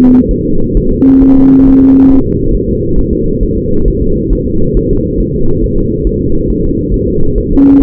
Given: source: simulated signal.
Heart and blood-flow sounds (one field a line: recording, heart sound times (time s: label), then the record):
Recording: fetal heart sounds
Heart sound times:
0.31 s: S1
0.45 s: S2
0.77 s: S1
0.91 s: S2
1.23 s: S1
1.37 s: S2
1.67 s: S1
1.81 s: S2
2.11 s: S1
2.25 s: S2
2.55 s: S1
2.69 s: S2
2.99 s: S1
3.13 s: S2
3.43 s: S1
3.57 s: S2
3.88 s: S1
4.02 s: S2
4.33 s: S1
4.47 s: S2
4.77 s: S1
4.91 s: S2
5.20 s: S1
5.35 s: S2
5.64 s: S1
5.78 s: S2
6.07 s: S1
6.21 s: S2
6.50 s: S1
6.64 s: S2
6.94 s: S1
7.08 s: S2
7.38 s: S1
7.52 s: S2
7.82 s: S1
From the record:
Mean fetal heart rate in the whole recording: 135 bpm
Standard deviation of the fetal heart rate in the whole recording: 3 bpm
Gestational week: 36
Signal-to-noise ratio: -17.7 dB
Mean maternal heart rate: 72 bpm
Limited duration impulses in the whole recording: present